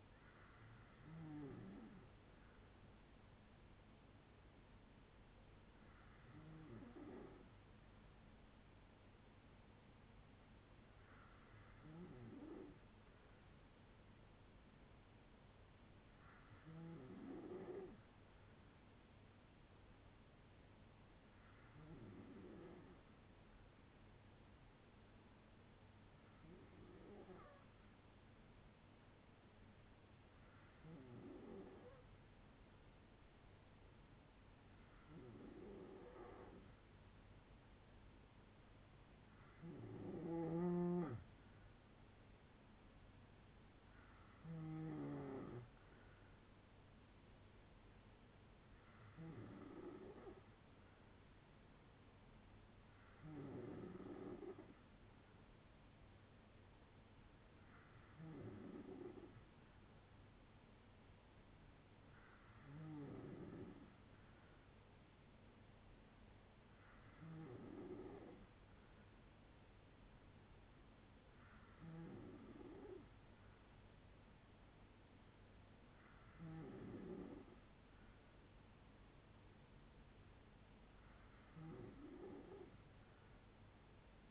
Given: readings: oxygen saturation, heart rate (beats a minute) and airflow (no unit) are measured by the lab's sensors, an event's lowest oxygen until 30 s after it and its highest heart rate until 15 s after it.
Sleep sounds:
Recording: breathing in sleep by a voice recorder at the bedside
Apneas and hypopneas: 1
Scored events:
13.00-73.00 s: new sleep stage, N3 (deep sleep)
20.00-40.70 s: hypopnea (N3, oxygen 96% highest, then 92% lowest, heart rate 61 at the start, 70 highest)
73.00-84.30 s: new sleep stage, N2 (light sleep)
From the record:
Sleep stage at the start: N2 (light sleep)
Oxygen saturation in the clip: 92 to 97%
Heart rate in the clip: 57 to 70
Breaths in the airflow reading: 18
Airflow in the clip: -6.5 to 4.2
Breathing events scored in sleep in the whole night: 182 in 7.4 hours asleep

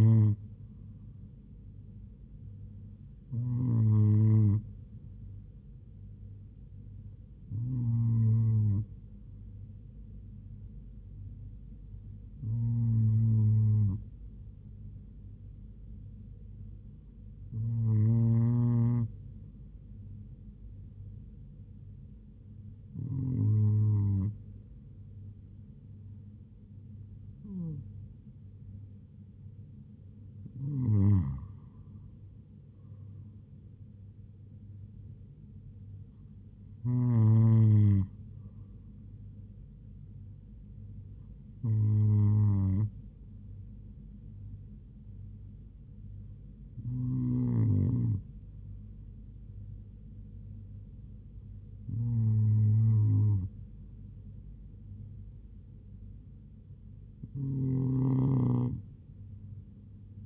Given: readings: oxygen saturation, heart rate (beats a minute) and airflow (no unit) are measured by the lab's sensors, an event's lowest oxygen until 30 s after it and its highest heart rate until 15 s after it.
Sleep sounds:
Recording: breathing in sleep by a smartphone at the bedside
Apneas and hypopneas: none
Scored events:
none scored
From the record:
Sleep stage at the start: N2 (light sleep)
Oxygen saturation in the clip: 97 to 98%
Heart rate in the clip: 70 to 78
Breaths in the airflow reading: 13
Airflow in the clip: -3.9 to 4.1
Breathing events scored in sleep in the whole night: 158 in 7.3 hours asleep

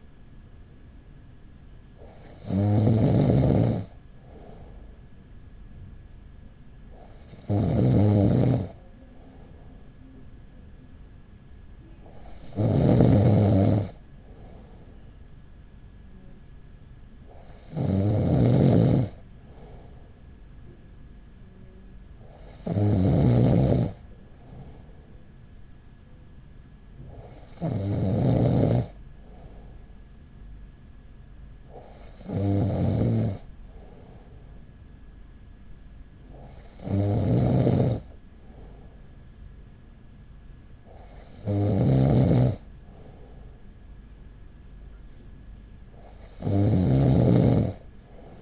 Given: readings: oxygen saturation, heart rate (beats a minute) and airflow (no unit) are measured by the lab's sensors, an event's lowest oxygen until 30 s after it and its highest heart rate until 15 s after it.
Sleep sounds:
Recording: breathing in sleep by a smartphone at the bedside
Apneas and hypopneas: none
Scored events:
none scored
From the record:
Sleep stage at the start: N2 (light sleep)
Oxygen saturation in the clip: 95 to 96%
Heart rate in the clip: 41 to 44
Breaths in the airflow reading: 9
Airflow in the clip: -4.8 to 4.2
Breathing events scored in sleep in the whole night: 207 in 7.6 hours asleep

